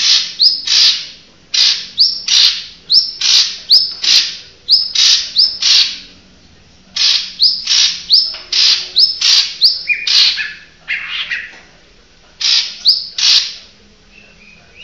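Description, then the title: Oriental magpie-robin singing a fast run of harsh, buzzy downslurred notes paired with short rising whistles, in bursts separated by brief pauses, with a few lower whistled phrases. Chirping song. "Kicau Kacer"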